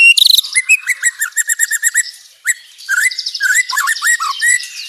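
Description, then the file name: White-rumped shama song, a rapid run of sharp repeated chirps and whistled notes, with high buzzy trills layered above, briefly pausing then resuming. Banjar white-rumped shama, rapid-fire close-spaced song style. "Suara tembakan speed rapat Murai batu banjar"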